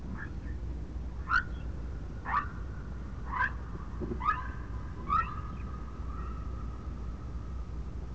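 Whale calls: a series of short, sharp upswept squeals, about one a second, linked by a steady tone that runs on after them, over a constant low rumble.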